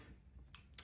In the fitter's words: this locks in place so I definitely recommend that you get one I will find the link